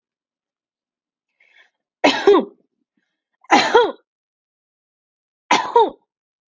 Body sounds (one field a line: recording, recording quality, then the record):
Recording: heavy voluntary cough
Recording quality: excellent, no background noise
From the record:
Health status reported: healthy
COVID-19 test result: not tested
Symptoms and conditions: none ticked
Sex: female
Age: 32 years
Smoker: not ticked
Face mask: not worn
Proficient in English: yes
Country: United States